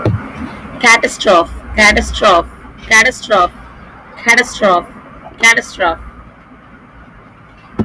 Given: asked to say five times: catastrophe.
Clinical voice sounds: repeated word; female; 20 to 29 years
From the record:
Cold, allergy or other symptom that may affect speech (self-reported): yes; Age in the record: 29 years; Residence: Texas, United States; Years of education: 25

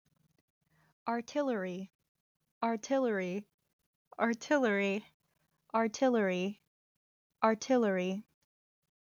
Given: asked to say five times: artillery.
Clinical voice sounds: repeated word; female; 20 to 29 years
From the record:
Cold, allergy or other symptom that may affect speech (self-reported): no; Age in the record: 21 years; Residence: New Jersey, United States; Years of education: 15

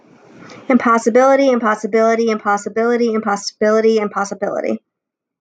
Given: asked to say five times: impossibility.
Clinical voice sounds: repeated word; female; 30 to 39 years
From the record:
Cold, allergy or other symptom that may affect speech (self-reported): no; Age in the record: 32 years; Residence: New York, United States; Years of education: 16

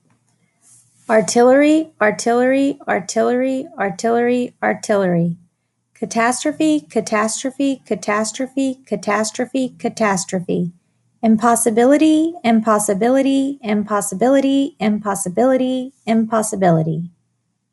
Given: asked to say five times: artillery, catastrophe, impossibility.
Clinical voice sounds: three words, each repeated; female; 30 to 39 years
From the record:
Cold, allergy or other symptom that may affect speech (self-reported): no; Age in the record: 39 years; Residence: Texas, United States

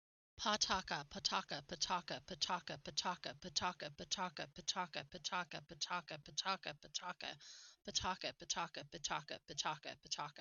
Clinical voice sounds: repeated syllables /pa ta ka/; female; 40 to 49 years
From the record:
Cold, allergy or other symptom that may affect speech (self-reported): no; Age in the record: 44 years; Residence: Idaho, United States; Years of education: 16

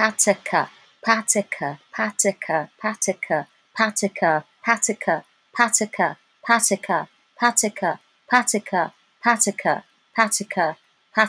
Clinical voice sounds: repeated syllables /pa ta ka/; female; 50 to 59 years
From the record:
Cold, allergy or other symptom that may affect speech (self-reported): no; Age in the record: 54 years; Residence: Washington, United States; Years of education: 13

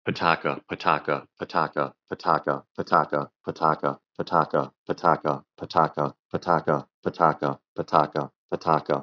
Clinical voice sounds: repeated syllables /pa ta ka/; male; 40 to 49 years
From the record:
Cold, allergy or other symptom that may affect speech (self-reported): no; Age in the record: 48 years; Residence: Ohio, United States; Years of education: 19

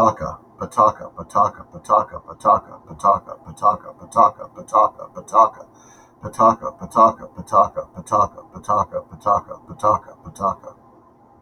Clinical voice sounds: repeated syllables /pa ta ka/; male; 40 to 49 years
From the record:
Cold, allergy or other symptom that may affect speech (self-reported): no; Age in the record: 46 years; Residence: Georgia, United States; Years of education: 13

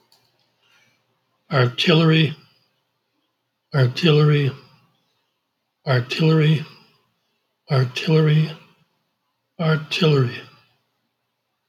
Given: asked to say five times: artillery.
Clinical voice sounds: repeated word; male; 70 to 79 years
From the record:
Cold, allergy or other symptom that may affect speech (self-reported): no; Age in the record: 71 years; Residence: Minnesota, United States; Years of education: 16

